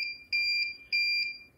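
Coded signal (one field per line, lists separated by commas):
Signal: beep code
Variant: Xprinter thermal printer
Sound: high-pitched electronic beeps at about 2.4 kHz, two long loud tones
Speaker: three long beats you won't see any uh dockets like this because now the printer is connected to the Wi-Fi network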